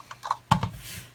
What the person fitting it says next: nice solid click